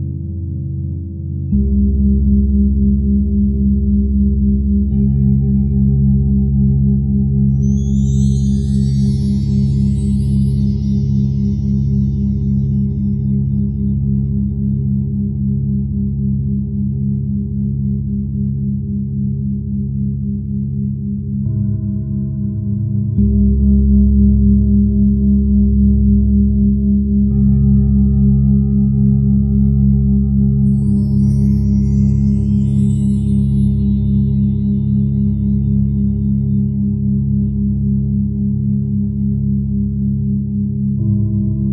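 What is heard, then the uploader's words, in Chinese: Singing bowls ring in long, steady, low tones that overlap and pulse slowly, building fuller after about 1.5 seconds and swelling again near 23 seconds. Brief high shimmering swirls rise over the drone around 9 and 29 seconds. 钵声疗愈。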